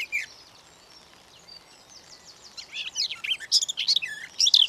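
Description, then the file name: Garden warbler: faint thin notes at first, then a garden warbler breaks into a loud, rapid, scratchy warble that builds toward the end. "Beccafico"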